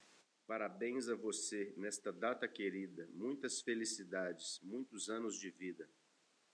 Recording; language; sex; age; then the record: short text; Brazilian Portuguese; female; 40 to 49 years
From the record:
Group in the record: control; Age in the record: 48 years